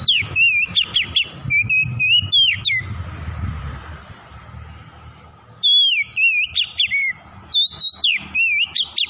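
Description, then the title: Oriental magpie-robin singing bright, varied whistled phrases with sharp downslurs, a quiet gap with low rumbling noise midway, then rapid whistling resumes. Tretes variety of the bird, singing vigorously (gacor). "Kacer Tretes"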